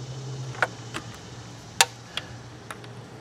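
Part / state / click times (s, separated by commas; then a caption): nylon fuel line quick-connect fitting onto a fuel line tube / seated / 1.8 s. A nylon fuel line quick-connect fitting from a repair kit is pushed onto its mating tube on a car and clicks into place at 1.8 s, the loudest sharp snap in the clip. Several smaller ticks and taps come before and after it over a low steady hum.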